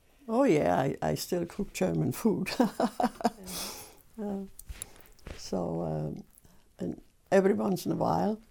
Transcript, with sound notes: Oh yeah, I still cook German food. (laughs) and every once in a while